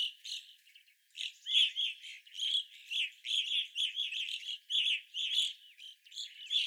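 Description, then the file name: Evening grosbeaks calling continuously, overlapping buzzy, ringing chirps from several birds in a busy stream. Several evening grosbeaks recorded on 25 April 2021. "2021-04-25 Evening Grosbeaks"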